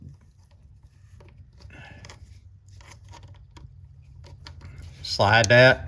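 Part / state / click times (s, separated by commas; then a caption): shift cable end onto transmission shifter lever pin / not seated / none. The shift cable end of a Ford F150/F250/F350 transmission shifter, with the shifter pulled to park, is handled and slid into position onto the shifter lever pin. Only faint handling taps are heard, and someone talks near the end. Nothing has snapped or seated yet.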